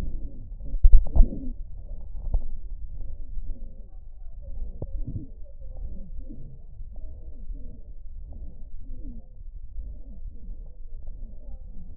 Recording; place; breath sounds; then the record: lung sounds by stethoscope; left posterior lower chest; expiratory wheeze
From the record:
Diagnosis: COPD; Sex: male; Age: 62 years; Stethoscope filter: extended mode, 50 to 500 Hz